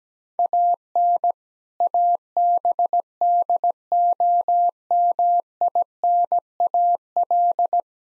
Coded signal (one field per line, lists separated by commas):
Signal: Morse code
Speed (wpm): 17 wpm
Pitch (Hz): 700 Hz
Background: none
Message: AN ABDOMINAL